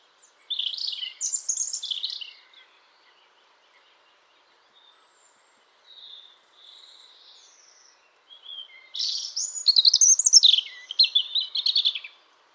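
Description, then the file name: European robin singing two high, sweet warbled phrases separated by a quiet pause with soft trailing notes, the second phrase longer, richer and more varied. "Erithacus rubecula"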